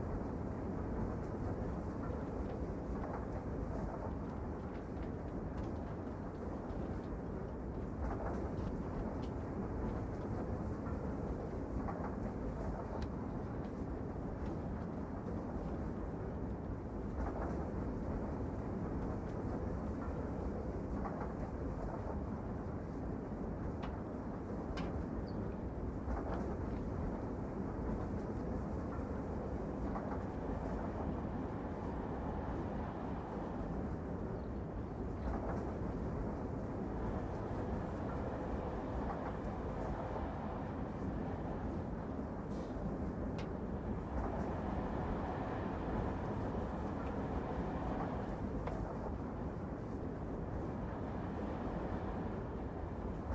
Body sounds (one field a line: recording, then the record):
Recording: background sound without coughing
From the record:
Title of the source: Train Ride Ambience ambient white noise for sleeping, focus, studying, reading